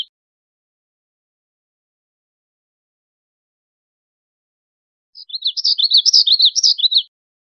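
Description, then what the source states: Black-throated gray warbler song: a short burst of high, buzzy, wheezy notes in rapid succession, lasting about two seconds after a long silence. Recorded 5 May 2001.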